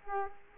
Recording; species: mosquito wingbeat signal from an infrared sensor; Culex quinquefasciatus